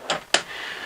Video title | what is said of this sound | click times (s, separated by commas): Bill Mason N13 Walk-Around - Indy UTC | workstation to do any paperwork you may have that locks in place and slides back in the | 0.3 s